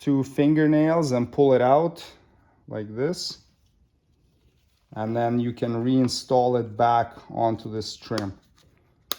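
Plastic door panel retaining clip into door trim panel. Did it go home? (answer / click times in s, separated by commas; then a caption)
yes / 9.1 s. A plastic door panel retaining clip that stayed in the door body of a 2007-2013 Toyota Tundra is squeezed with two fingernails, pulled out, and pushed back onto the door trim panel while someone talks. A sharp click comes at 9.1 s as the clip seats on the trim.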